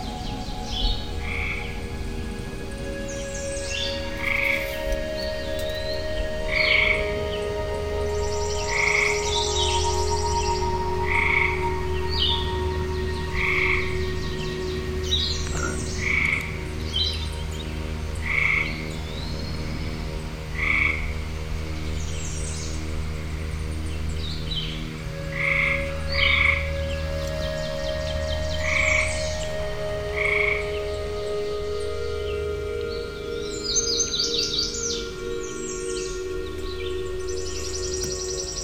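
A woodland morning with a frog croaking in short, bright calls every couple of seconds, steady and regular across the whole stretch. Beneath it runs a constant low drone with a few sustained tones, and faint higher chirps come through now and then.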